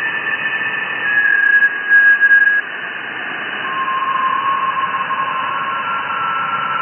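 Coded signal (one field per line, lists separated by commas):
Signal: FT8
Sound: radio hiss with several faint steady warbling tones, one louder tone midway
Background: radio static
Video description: Receiving and decoding FT8 QSOs over 20-meter band (14,074 KHz), with the new SDRplay RSPdx software defined radio (SDR) at Mexico City.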